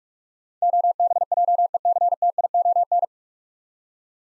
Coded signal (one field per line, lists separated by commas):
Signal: Morse code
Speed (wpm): 44 wpm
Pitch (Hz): 700 Hz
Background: none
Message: OBJECTION